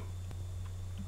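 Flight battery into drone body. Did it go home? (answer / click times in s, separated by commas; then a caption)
no / none. A plastic flight battery is handled against the grooves of a DJI Flip drone body, with a brief soft knock at 0.3 s over a steady low hum. The battery is still being handled and has not clicked into place yet.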